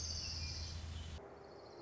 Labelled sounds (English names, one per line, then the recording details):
Orange-crowned Warbler
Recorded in Sonoma County, California